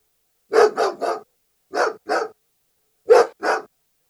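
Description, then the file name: German Shepherd barking in short bursts: three quick barks, a pause, two more, then another pair, over silence. "Het blaffen van een Duitse herder - Beeld en Geluid"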